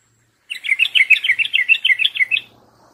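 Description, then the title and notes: Yellow-vented Bulbul singing a fast, continuous string of liquid, bubbling notes that rise and fall for two seconds. Masteran tutoring song of a champion trucuk in the 'tembakan' song style. "MASTERAN Trucukan Tembakan. trucuk juara"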